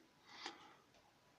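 During the transformation of a Transformers War for Cybertron Megatron plastic robot figure into robot mode, a plastic part is moved into its slot on the figure's body. A single sharp tick at 0.5 s is heard over quiet background hiss as the part jumps into place and is seated.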